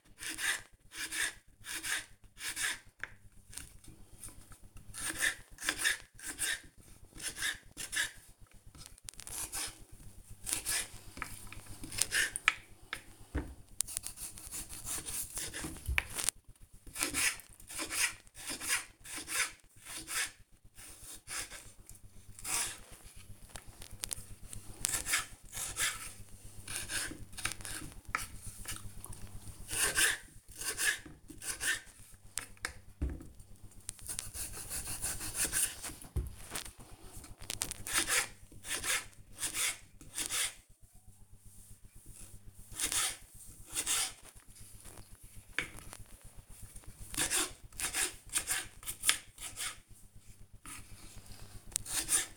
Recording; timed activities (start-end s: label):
household activities, microphone on the right wrist
0.00-52.37 s: cutting vegetables